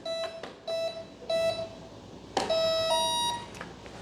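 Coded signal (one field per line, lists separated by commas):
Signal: beep code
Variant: brushless motor ESC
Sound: three short electronic beeps, a click, then a longer beep that steps up in pitch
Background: small room ambience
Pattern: 3 short, 1 long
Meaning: The setting was accepted and the controller is leaving programming mode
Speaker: all the way up and down now that should [Music] exit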